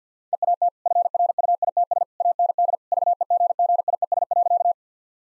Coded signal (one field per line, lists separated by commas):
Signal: Morse code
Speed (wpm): 50 wpm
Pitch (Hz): 700 Hz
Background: none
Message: EAT FRUITS AND VEGGIES.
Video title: Easy Sentences with Hints - 50wpm